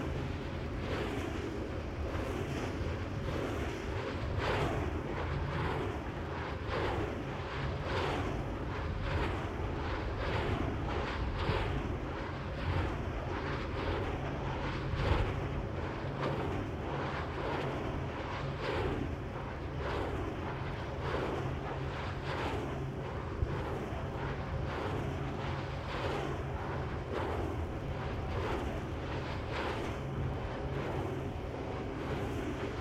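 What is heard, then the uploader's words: Wind turbines turn with a steady, deep drone and a faint mechanical hum underneath. Soft rhythmic swooshes pulse about once a second throughout, from blades passing, with a wind-blown outdoor hiss behind them and no other distinct events. Giant three-bladed wind turbines dominating the landscape of the Wild Horse Wind Facility in Kittitas County, WA. Each blade in the length of a 747, so just imagine three jetliners spinning around overhead. Wild Horse Wind Facility Turbines.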